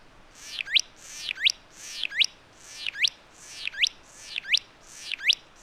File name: Myiagra Cyanoleuca